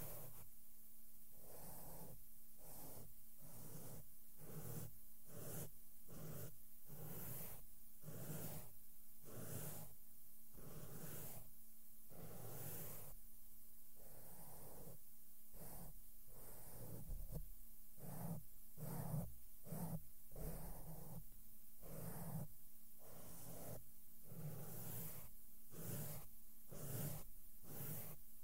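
Makeup brushes sweep across a microphone in soft, regular strokes, roughly two per second, each a brief rush of bright bristly noise. A steady low hum runs underneath throughout, with a few heavier thumps of the mic being touched around the middle.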